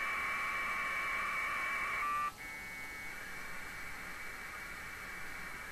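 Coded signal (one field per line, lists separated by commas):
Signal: packet radio (AX.25, as in APRS)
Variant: 1200 baud AFSK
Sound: harsh continuous two-tone data warble, a brief steady tone and gap, then more warble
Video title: A SIMPLE TEST, TCP/IP OVER AX.25 link between 2 laptops.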